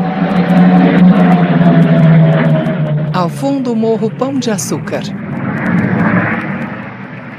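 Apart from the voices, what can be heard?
airplane landing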